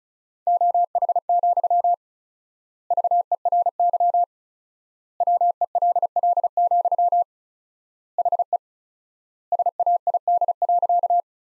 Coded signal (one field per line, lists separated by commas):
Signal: Morse code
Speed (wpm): 36 wpm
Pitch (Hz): 700 Hz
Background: none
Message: OH, VERY WELL, HE SAID.